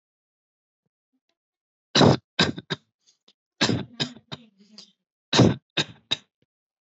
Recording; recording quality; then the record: shallow voluntary cough; excellent, no background noise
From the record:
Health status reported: healthy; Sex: male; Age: 26 years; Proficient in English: yes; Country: India